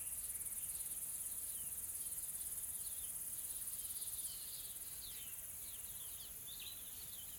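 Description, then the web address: Insects give a bright, pulsing high whine that eases off midway, with scattered soft chirps underneath. Soft, calm insect ambience in a tropical forest in South Africa. "Sonniss com - GDC 2020-Game Audio Bundle Smart Sound FX - Nature South Africa AMBIENCE Additional Tropical Forest Soft Insects Calm"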